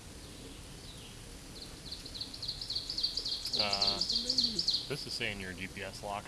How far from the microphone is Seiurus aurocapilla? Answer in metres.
about 30 m